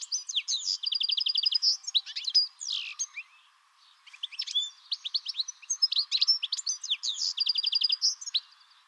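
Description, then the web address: Bird calls in rapid chattering bursts: high buzzy trills and sharp chirps, two dense runs separated by a brief pause, with faint hiss beneath. "Deverinetal"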